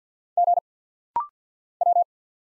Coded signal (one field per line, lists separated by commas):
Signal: Morse code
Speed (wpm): 48 wpm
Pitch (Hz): 700 Hz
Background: none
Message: G W